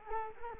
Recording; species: mosquito wingbeat signal from an infrared sensor; Culex quinquefasciatus